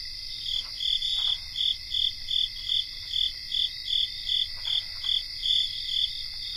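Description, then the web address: Cricket chorus: continuous high-pitched trilling with a clear, regular series of chirps pulsing roughly two to three times per second. Cricket chorus recorded in North America. "Nature Songs N America Songs of Insects 77-Cricket chorus"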